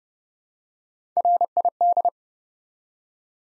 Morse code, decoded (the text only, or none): RID